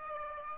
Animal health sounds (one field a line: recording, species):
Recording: mosquito wingbeat signal from an infrared sensor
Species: Aedes aegypti